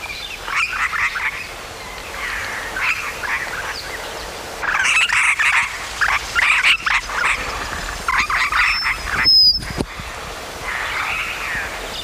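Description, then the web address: Regent parrot giving harsh, grating calls in short bursts, several in quick succession, with a brief louder clatter near the end and a steady faint hum beneath. "parrots polytelis-anthopeplus"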